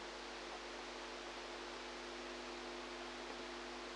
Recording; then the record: brain microelectrode recording played as sound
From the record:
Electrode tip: outside the subthalamic nucleus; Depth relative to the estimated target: -4 mm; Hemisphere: right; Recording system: NeuroSet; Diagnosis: Parkinson's disease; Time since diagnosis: 8 years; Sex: female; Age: 45 years